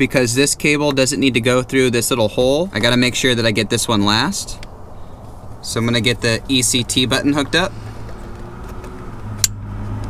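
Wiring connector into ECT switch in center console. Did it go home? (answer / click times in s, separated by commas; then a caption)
yes / 9.4 s. A wiring connector is plugged onto the ECT button switch in the center console of a 1996–1998 Toyota 4Runner during a cup holder mod. Someone talks over low background noise, and the connector clicks into place with a sharp snap at 9.4 seconds, fully seated.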